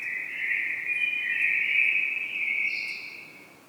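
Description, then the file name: Common blackbird holding a long continuous warbling whistle for over three seconds that fades away, with a higher thin note near the end. "Turdus merula"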